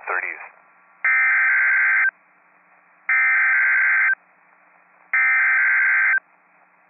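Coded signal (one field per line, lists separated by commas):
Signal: Emergency Alert System (SAME) tones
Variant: header bursts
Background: speech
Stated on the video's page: NOAA Weather Radio alert tones from statewide tornado drills in Illinois and Kentucky, issued by several NWS offices.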